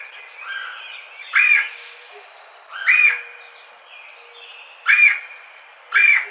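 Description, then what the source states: Red-bellied woodpecker repeating a harsh rolling churr four times, roughly every one to two seconds, with faint other birds. Recorded 4 May 2009.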